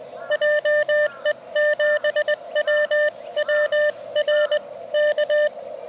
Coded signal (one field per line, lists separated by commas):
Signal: Morse code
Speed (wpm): 19 wpm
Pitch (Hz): 600 Hz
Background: radio noise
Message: JE7WWR K